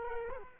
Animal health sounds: mosquito wingbeat signal from an infrared sensor; Culex quinquefasciatus

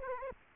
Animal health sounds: mosquito wingbeat signal from an infrared sensor; Aedes aegypti

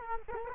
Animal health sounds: mosquito wingbeat signal from an infrared sensor; Culex quinquefasciatus

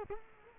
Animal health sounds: mosquito wingbeat signal from an infrared sensor; Culex quinquefasciatus

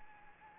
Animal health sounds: mosquito wingbeat signal from an infrared sensor; Anopheles gambiae

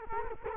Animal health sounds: mosquito wingbeat signal from an infrared sensor; Culex quinquefasciatus

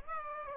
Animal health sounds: mosquito wingbeat signal from an infrared sensor; Aedes aegypti

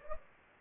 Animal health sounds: mosquito wingbeat signal from an infrared sensor; Anopheles gambiae

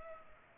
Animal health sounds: mosquito wingbeat signal from an infrared sensor; Culex pipiens

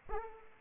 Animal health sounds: mosquito wingbeat signal from an infrared sensor; Aedes aegypti

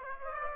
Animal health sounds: mosquito wingbeat signal from an infrared sensor; Aedes aegypti

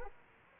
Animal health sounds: mosquito wingbeat signal from an infrared sensor; Aedes aegypti

